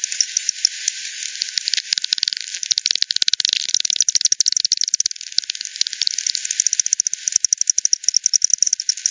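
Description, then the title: Bats give a busy, uneven run of clicks that bunch into quick rattling bursts. Multiple bats at Hogsmill River, Hogsmill Lane, 7 October 2020 at 18:10; frequency-divided by ten, bandpass-filtered and resampled. "WW bat 20201007 T 18 : 10 Z-Hogsmill-Lane-Hogsmill-River-multiple-bats"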